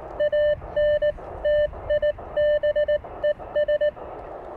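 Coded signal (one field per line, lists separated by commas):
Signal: Morse code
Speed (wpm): 19 wpm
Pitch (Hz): 600 Hz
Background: none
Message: ANTIBES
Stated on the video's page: CW QSO with a station near London on a K1 radio at the beach, with some fading and noise, for copying practice.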